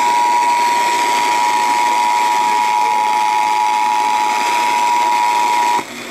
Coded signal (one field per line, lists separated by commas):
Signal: Emergency Alert System (SAME) tones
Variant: 853 and 960 Hz attention tone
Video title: IT AIN'T OVER... EAS Alerts from 7/20/22 (EAS #7,632 - 7,644)